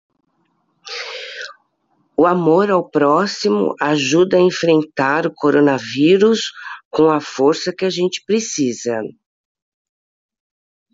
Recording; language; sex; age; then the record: spoken sentence; Brazilian Portuguese; female; 60 to 69 years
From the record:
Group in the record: control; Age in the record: 67 years